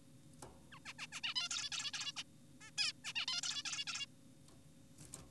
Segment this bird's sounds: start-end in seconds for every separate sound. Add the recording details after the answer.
0.72-0.79, 0.86-0.93, 0.99-1.07, 1.12-1.21, 1.24-1.34, 1.36-1.49, 1.51-1.70, 1.72-1.91, 1.94-2.12, 2.17-2.23, 2.61-2.71, 2.78-2.93, 3.04-3.13, 3.16-3.26, 3.28-3.41, 3.43-3.63, 3.66-3.84, 3.87-4.06. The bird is an adult. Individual g4p5U